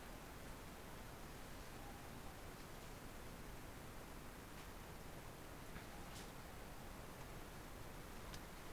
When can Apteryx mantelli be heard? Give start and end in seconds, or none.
none